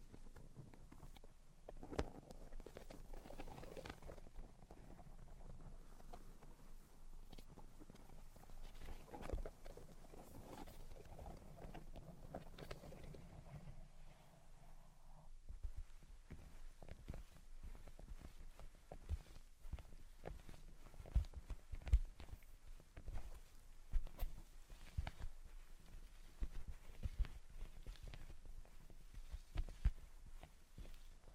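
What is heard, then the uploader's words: Tapping, scratching and tracing sounds. For the first fifteen seconds a soft, low rubbing and scraping drags along, with scattered taps. After that the texture turns dry and clicky, a dense run of quick, irregular taps and light scratches continuing to the end. Tapping, Scratching, and Tracing Sounds.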